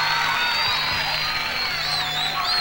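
A crowd applauds and cheers in a steady, dense roar of clapping and shouts, with a few high whistles rising above the noise near the end.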